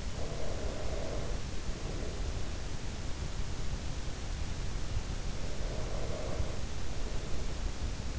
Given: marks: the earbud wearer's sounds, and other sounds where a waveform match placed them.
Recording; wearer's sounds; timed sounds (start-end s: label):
sounds in sleep by an in-ear microphone; breath
0.15-2.94 s: breath
5.19-8.18 s: breath